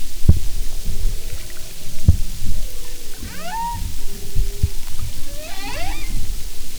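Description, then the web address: Humpback whale sounds: a few faint rising sweeps and a short tonal note among knocks and low rumbling water noise. "Marine Mammals humpback"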